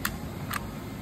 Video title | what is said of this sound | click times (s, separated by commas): Changing handing on GU Ferco multipoint lock body | then it's latched in | 0.1 s